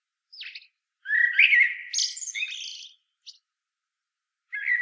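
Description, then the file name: Common blackbird singing a mellow fluted phrase that rises into a thin squeaky flourish, with a brief soft note after it and the next phrase starting at the end. "Turdus merula"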